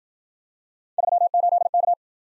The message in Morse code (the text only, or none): 38K